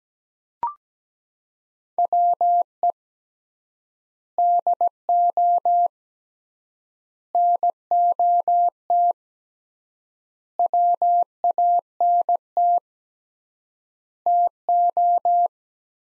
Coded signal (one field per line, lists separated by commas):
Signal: Morse code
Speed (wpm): 17 wpm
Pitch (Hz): 700 Hz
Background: none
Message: WE DO NOT WANT TO